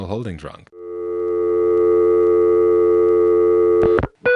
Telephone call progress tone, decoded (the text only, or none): dial tone